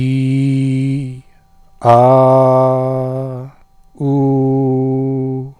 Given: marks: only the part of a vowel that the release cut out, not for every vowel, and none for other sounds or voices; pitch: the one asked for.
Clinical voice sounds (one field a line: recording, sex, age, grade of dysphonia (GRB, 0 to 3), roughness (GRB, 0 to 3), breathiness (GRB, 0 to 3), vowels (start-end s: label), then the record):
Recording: sustained vowels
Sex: male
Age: 40 to 49 years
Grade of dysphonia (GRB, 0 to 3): 0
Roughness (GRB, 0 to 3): 0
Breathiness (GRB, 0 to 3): 0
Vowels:
0.00-0.95 s: vowel /i/, normal pitch
2.14-3.14 s: vowel /a/, normal pitch
4.11-5.33 s: vowel /u/, normal pitch
From the record:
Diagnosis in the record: healthy voice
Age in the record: 48 years